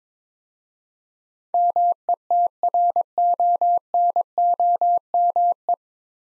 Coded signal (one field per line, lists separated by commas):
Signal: Morse code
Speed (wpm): 22 wpm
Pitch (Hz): 700 Hz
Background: none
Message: METRONOME